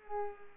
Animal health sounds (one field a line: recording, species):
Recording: mosquito wingbeat signal from an infrared sensor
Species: Culex pipiens